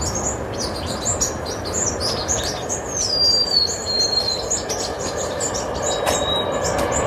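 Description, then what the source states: White-crowned and golden-crowned sparrows chirping in a crowded chorus; one long clear whistle glides downward midway, and another short whistle cuts through the steady chatter. White-crowned and golden-crowned sparrows chirping and singing together at a large communal winter roost in California.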